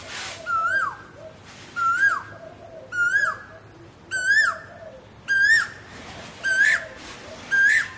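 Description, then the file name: Asian koel calling loudly, seven upslurred whistled notes roughly every second and a quarter. Calling to find a mate. "นกกาเหว่าร้องหาคู่"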